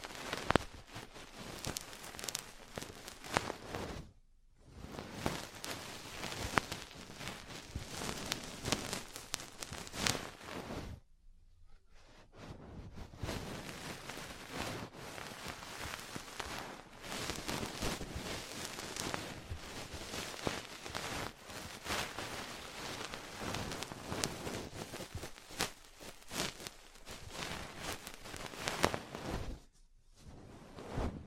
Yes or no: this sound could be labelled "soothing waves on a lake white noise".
no